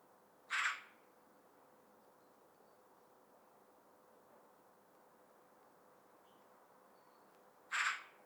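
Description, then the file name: Eurasian magpie giving two harsh, noisy chack notes, one at the start and one near the end, separated by about seven seconds of quiet background. "Pica pica"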